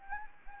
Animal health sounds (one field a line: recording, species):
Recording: mosquito wingbeat signal from an infrared sensor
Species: Anopheles gambiae